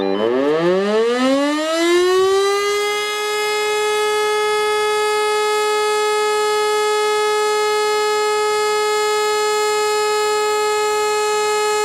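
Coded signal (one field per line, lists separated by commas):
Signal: siren signal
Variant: German Feueralarm, E57 siren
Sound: loud siren rising in pitch over three seconds, then holding a steady wail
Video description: und dann geht die Sirene zum Signal "Feueralarm" los!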